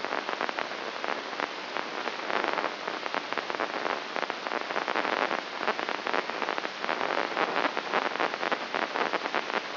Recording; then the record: brain microelectrode recording played as sound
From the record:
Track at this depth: inside the subthalamic nucleus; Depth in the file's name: 4.23 mm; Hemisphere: left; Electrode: 3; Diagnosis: Parkinson's disease